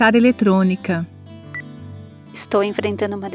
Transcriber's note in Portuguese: beep da secretária